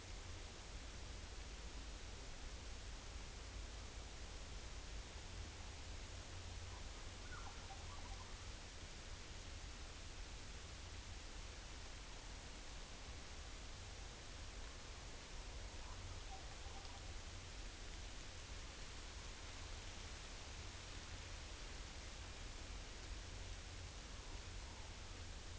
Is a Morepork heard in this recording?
no